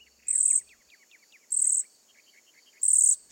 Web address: BIRD NOTE. Cedar Waxwings